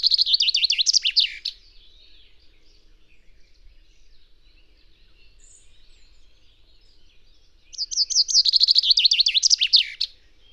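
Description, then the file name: Common chaffinch singing a fast, bright trill ending in a flourish, given twice with a quiet pause between. "Fringilla coelebs"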